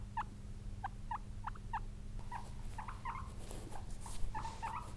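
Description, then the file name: Guinea pig giving short rising squeaks in an irregular series over a steady low hum. "Cute guinea pig"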